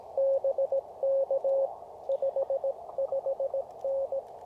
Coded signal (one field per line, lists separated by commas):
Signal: Morse code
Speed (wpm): 19 wpm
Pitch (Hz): 550 Hz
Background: radio noise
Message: BK 55N